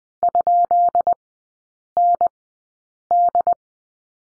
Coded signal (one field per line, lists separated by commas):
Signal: Morse code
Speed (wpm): 20 wpm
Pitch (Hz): 700 Hz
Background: none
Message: ?ND